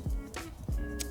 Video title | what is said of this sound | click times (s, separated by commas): Mini Cooper Footwell Module (FRM3) Problems/Issues With Windows, Turn Signal Lights Codes 9CBB 9CBC | down simultaneously you should hear a click that's the first one and | 0.4 s